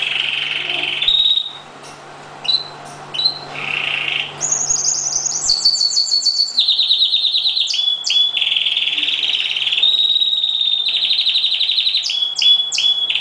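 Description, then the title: Oriental magpie-robin singing fast chattering trills that shift between higher and lower pitches, with short whistled notes and a steady low hum beneath for the first few seconds. Chirping song. "Kicau Kacer"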